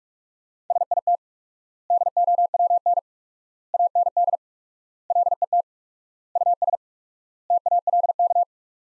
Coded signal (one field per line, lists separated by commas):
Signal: Morse code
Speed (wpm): 46 wpm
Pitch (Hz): 700 Hz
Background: none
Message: SIT DOWN AND LET US TALK